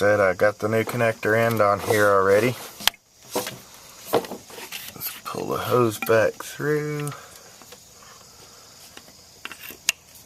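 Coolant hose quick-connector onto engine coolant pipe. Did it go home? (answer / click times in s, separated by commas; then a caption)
yes / 9.9 s. Someone talks while a heater/coolant hose with a new connector end already fitted is pulled back through, with a few handling knocks along the way, as part of fixing cooling system problems. The hose's plastic quick-connector is then pushed onto the engine coolant pipe and snaps into place with a sharp click at 9.9 s, seating it.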